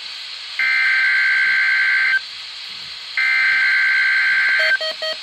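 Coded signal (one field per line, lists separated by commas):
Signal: Emergency Alert System (SAME) tones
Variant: header bursts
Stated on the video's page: Required weekly test broadcast over NOAA weather radio station KHB41.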